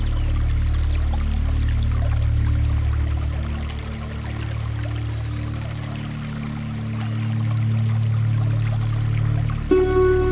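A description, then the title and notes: Water runs through a garden in a steady, dense rush, heavy in the low end with a droning hum beneath it and little change in level. Near the end, a short high squeal with ringing overtones cuts in over the flow. Water running through the garden is calming.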